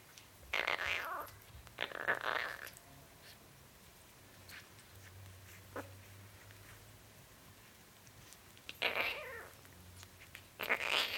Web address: BBC Cats Mewing. four week old kitten mewing and drinking milk from bottle